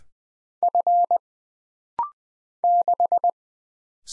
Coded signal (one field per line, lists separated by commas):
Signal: Morse code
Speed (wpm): 20 wpm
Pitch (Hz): 700 Hz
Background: none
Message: F 6